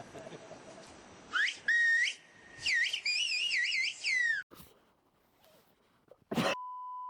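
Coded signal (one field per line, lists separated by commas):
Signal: whistled language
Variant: Kuş dili (Turkish)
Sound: loud gliding whistles rising and falling in pitch, with swoops and warbles, about three seconds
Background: outdoor background noise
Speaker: the whistle can travel up to five 5 kilm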